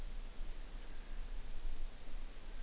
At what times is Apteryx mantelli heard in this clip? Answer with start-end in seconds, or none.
0.00-2.63